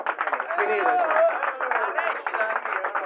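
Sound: audience applause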